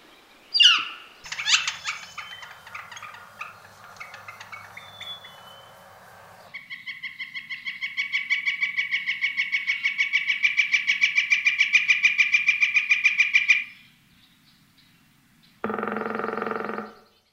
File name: Bird Song Northern Flicker